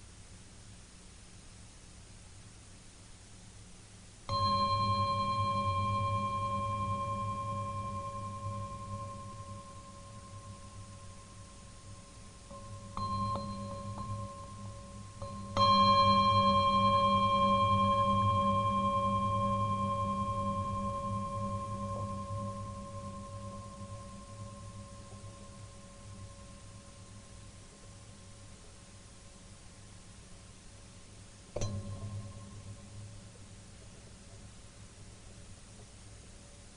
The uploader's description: Tibetan bells, Japanese mok-tok, and other bell tones with alternating moments of silence